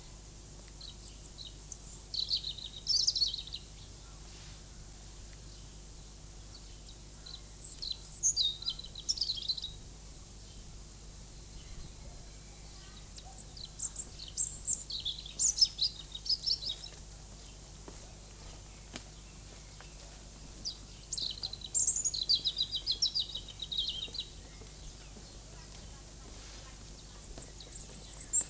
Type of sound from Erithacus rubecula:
song